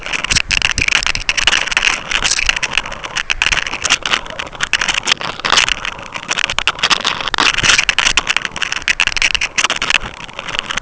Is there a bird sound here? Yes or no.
no